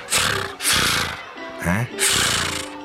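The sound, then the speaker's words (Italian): A voice imitates a cat's purring growl in loud, raspy, rumbling bursts: a few long rolling growls broken by a short voiced sound in between. It is offered as the sound a mimosa flower makes. “Ma io non ho mai sentito una mimosa che fa frr frr. Cos'è? Un gatto.”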